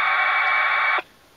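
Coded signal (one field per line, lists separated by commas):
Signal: packet radio (AX.25, as in APRS)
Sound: a one-second harsh hissy data burst with buried tones that stops abruptly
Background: radio static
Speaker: and that green bar represents that message being sent it's completed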